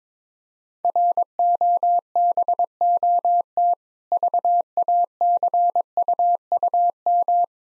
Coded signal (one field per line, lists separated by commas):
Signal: Morse code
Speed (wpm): 22 wpm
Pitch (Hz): 700 Hz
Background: none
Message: ROBOT VACUUM